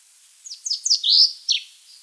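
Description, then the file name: Common chaffinch phrase: a few high downslurred notes, a longer buzzy note, then a final falling note, against a quiet background. "Fringilla coelebs"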